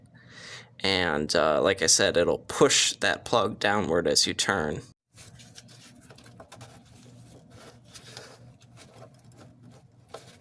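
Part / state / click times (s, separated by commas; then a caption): sensor wiring connector plug into differential housing socket / not seated / none. A plastic sensor wiring connector plug is twisted into its socket on the differential housing of a 1997 Mercedes SL500 R129 during a differential seal replacement, the turning pushing the plug downward. Someone talks for the first five seconds, then quiet rubbing and handling follow with a few faint knocks. The plug has not seated or clicked yet.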